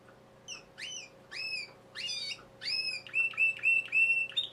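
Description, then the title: Domestic canary giving whistled notes in short groups, becoming quicker repeated chirps toward the end; quiet overall. Male singing a lot, for warming up and training young birds. "Esquente Seu Filhote E Canario Belga Macho Cantando Muito"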